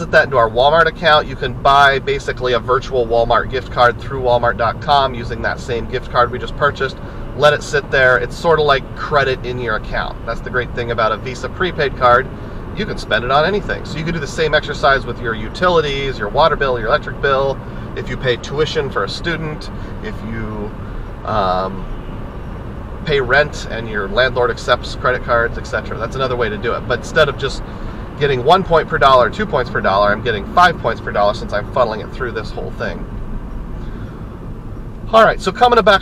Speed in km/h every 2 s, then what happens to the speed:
53, 55, 61, 64, 69, 69, 74, 76, 74, 76, 76, 77, 79, 81, 76, 66, 58, 45.
0-12 speeds up to 74. 12-27 steady at about 76. 27-36 brakes to 45.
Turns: none.